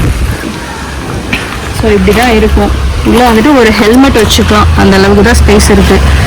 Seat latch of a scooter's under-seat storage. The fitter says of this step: Just நம்ம எப்படி பண்ணோம்னாலே இங்கே வந்து கிளிக்குன்னு ஒரு சவுண்டு கேட்கும், ஓப்பன் ஆகிடும்.